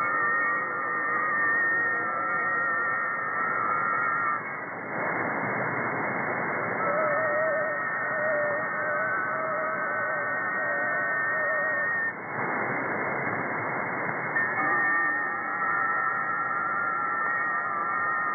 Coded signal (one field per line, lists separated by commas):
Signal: FT4